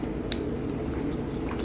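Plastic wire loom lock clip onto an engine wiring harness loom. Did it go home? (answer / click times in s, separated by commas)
yes / 0.3 s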